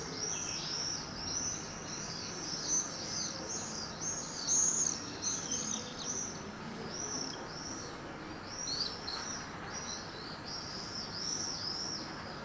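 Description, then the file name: Swifts scream almost continuously, with dense overlapping high arched calls rising and falling in loudness, over a quiet background. "Birds Swifts Housemartins"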